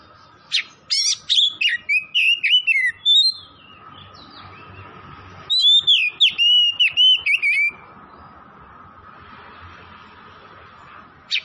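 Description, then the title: Oriental magpie-robin song in two rich bursts of fast whistled notes, separated by a pause, over a low continuous hum. Tretes type; singing vigorously (gacor). "Kacer Tretes Gacor"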